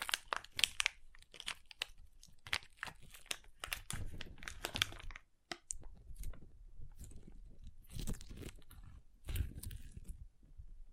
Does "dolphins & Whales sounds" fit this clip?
no